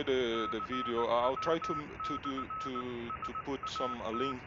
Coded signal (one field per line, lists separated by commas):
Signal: Morse code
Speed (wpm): 19 wpm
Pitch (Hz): 1290 Hz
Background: speech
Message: CW/SAT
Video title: Making CW using SDR Console, Pluto SDR and FLDIGI